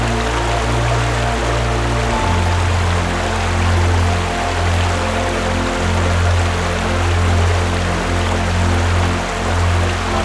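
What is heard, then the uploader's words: A fast-moving stream rushes steadily, its dense hiss and splash filling the clip without pause. Beneath the water, low humming tones hold and shift roughly every second, starting with a step change just after two seconds. The overall level stays constant throughout. Fast Moving Stream.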